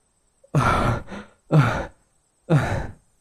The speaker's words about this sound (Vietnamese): liền nhắm mắt thở ra một hơi rồi ngồi tại chỗ thở dốc.